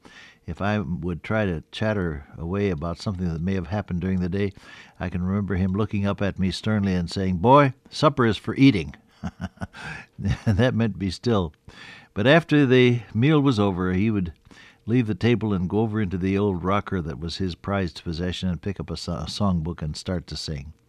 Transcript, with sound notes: If I would try to chatter away about something that may have happened during the day, I can remember him looking up at me sternly and saying, “Boy, supper is for eating.” [chuckle] That meant “Be still.” But after the meal was over, he would leave the table and go over into the old rocker that was his prized possession and pick up a songbook and start to sing.